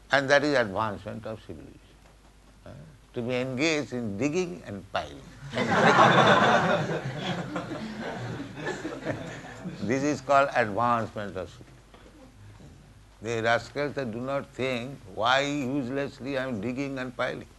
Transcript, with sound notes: And that is advancement of civilization, to be engaged in digging and piling. [laughter] [chuckles] This is called advancement of civilization. The rascals, they do not think, "Why, uselessly, I am digging and piling?